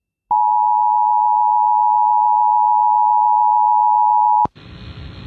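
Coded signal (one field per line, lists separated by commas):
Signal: Emergency Alert System (SAME) tones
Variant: 853 and 960 Hz attention tone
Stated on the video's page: EAS severe weather alerts from Indiana that interrupted songs.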